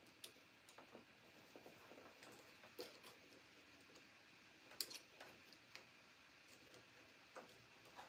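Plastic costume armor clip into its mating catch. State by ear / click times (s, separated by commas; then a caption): seated / 4.8 s. A plastic clip on a TIE pilot costume armor kit is worked into its mating catch while suiting up, with scattered small ticks and fumbling sounds. At 4.8 s it snaps shut with a sharp click, seating the clip.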